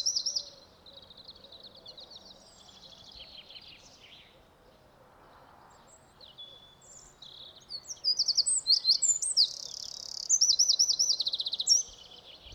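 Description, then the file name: Eurasian wren song: a brief high burst at the start, fainter notes and a quiet pause, then loud rapid trills and sharp warbled notes near the end. "Troglodytes troglodytes"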